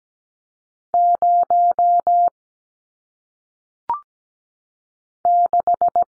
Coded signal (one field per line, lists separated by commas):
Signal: Morse code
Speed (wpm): 17 wpm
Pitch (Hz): 700 Hz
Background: none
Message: 0 6